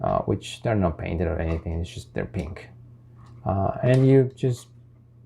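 Someone talks while handling the small rear tab on the back of a plastic Deluxe Class Arcee Studio Series 86 toy car, the tab holding its unpainted pink lights, during transformation. The tab is about to be pushed closed, but nothing has seated or clicked into place yet.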